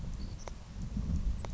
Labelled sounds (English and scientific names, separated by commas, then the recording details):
Savannah Sparrow (Passerculus sandwichensis)
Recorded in Sonoma County, California